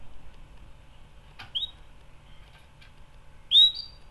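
Canary giving a soft rising chirp, then a louder, brighter upswept whistled note two seconds later, with a faint click before the first.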